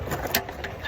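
A click-type torque wrench tightens the engine oil drain plug on the oil pan of a 2005 Honda Accord 2.4L, set to 25 foot-pounds. Over a low background rumble, the wrench gives a sharp click at 0.4 s as it reaches its set torque, followed by two fainter ticks. The drain plug is confirmed torqued to the setting.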